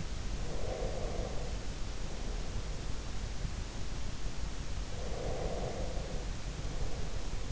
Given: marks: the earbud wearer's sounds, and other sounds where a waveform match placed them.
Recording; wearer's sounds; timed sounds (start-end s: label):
sounds in sleep by an in-ear microphone; breath
0.38-3.18 s: breath
4.93-7.52 s: breath